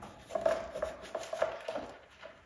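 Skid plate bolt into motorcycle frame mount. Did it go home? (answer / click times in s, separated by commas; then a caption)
no / none. A Molecule skid plate mounting bolt on a 2023 KTM/Husqvarna 250/300 motorcycle is jiggled into line with the frame mount threads and started by hand, then run finger tight with a ratchet and checked that it isn't cross-threaded. Small metallic clinks sound at about 0.4, 0.5, 0.8, 1.2 and 1.4 seconds. Nothing has seated or clicked yet.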